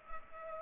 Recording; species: mosquito wingbeat signal from an infrared sensor; Culex pipiens